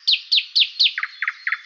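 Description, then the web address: Bird chirps: four bright, high notes sweeping sharply downward at a steady pace, then three lower, doubled chirps. "Dirt-Samples birds"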